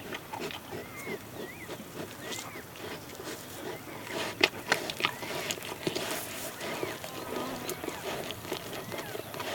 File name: Digiffects Sound Effects Library - Close Cheetah Eating and Chewing